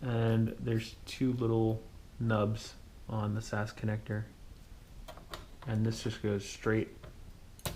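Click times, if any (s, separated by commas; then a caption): 7.7 s. A SAS cable connector, lined up by its two small nubs with two small holes, is pressed straight down onto a SAS controller card on a Gigabyte GA-7TESM board while someone talks. A few faint ticks come around 5.1–5.3 s, and the connector clicks into place and latches at 7.7 s.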